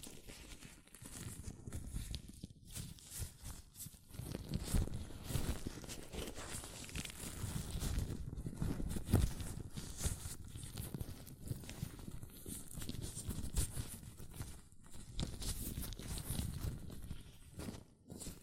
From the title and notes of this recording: ASMR Latex Gloves Hand Sounds (No Talking).